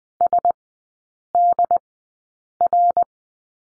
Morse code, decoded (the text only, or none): SDR